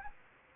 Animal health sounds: mosquito wingbeat signal from an infrared sensor; Anopheles arabiensis

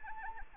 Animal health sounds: mosquito wingbeat signal from an infrared sensor; Anopheles arabiensis

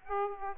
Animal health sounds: mosquito wingbeat signal from an infrared sensor; Aedes aegypti

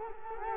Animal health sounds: mosquito wingbeat signal from an infrared sensor; Culex quinquefasciatus

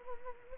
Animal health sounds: mosquito wingbeat signal from an infrared sensor; Anopheles arabiensis

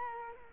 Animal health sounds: mosquito wingbeat signal from an infrared sensor; Culex quinquefasciatus

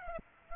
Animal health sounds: mosquito wingbeat signal from an infrared sensor; Aedes aegypti

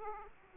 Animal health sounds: mosquito wingbeat signal from an infrared sensor; Aedes aegypti

